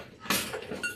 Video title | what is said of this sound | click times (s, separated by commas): The Mini Myna Magnet Trap Assembly | right so that's already locked into place nicely and then | 0.3 s